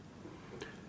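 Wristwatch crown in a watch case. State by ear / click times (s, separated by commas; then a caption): released / 0.6 s. An unscrewed screw-down crown on a wristwatch case is pulled all the way out to the time-setting position, releasing with a small, sharp click at 0.6 s. The crown is now out in position to adjust the hours and minutes.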